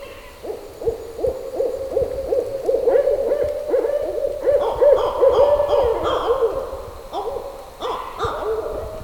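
Barred owl hooting, a dense run of quick, arched, throaty notes that overlap and tumble together in an excited, cackling chorus, fading briefly near the end.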